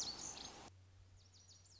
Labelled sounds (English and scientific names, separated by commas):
Lazuli Bunting (Passerina amoena)